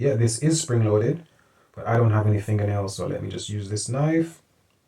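A microSD card is being handled at the spring-loaded card slot of a Tapo C200 security camera, with a knife about to be used to push it in. Someone talks throughout, and nothing has seated or clicked yet.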